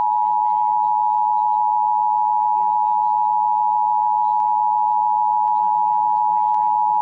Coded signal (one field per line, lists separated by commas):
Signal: Emergency Alert System (SAME) tones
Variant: 853 and 960 Hz attention tone